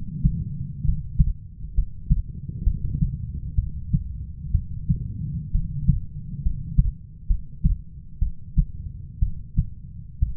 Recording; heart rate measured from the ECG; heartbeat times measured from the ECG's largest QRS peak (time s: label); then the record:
heart sounds by stethoscope; 64 bpm
0.84 s: heartbeat
1.74 s: heartbeat
2.63 s: heartbeat
3.55 s: heartbeat
4.51 s: heartbeat
5.51 s: heartbeat
6.42 s: heartbeat
7.27 s: heartbeat
8.19 s: heartbeat
9.19 s: heartbeat
10.19 s: heartbeat
From the record:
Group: healthy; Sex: female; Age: 37 years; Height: 168 cm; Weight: 70 kg